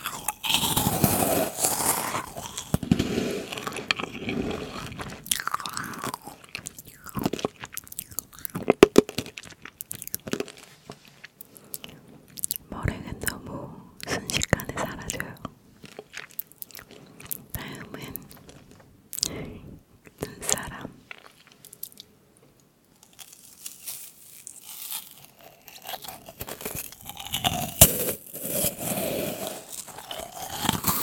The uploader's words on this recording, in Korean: 마카롱 머랭쿠키 케이크 먹방 eating sounds. 마카롱 머랭쿠키 케이크 eating sounds.